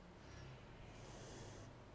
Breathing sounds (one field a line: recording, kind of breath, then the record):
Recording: one breath in and out by a microphone near the nose and mouth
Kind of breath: normal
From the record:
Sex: female